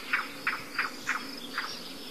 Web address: Songs of Birds of North America Stokes. Yellow-billed Cuckoo